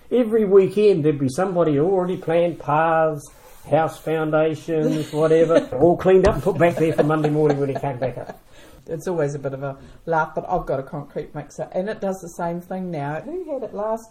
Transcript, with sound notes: Every weekend there’d be somebody… already planned paths, house foundations, whatever… [chuckle] all cleaned up and put back there for Monday morning when he came back up. [Chuckle] That’s always a bit of a laugh, but I’ve got a concrete mixer, and it does the same thing now – “Who had it last time?